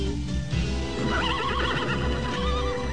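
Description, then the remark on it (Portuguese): A horse whinnies with a long, wavering high-pitched neigh while hooves clip-clop steadily underneath, all at a strong, even loudness with no talking. “Foi quando correndo eu vi um cavalo de fogo ali.”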